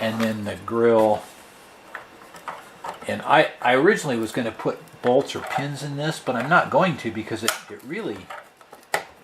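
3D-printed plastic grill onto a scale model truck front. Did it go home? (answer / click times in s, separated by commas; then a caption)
yes / 8.9 s. A 3D-printed plastic grill is fitted onto the front of a scale model truck without bolts or pins while someone talks. It snaps into place with one strong, sharp click at 8.9 seconds and sits quite solidly.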